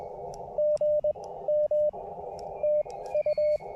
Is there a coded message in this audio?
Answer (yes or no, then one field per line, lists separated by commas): yes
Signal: Morse code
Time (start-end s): 0.6-3.6 s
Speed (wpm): 20 wpm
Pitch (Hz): 600 Hz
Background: radio noise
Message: GM TU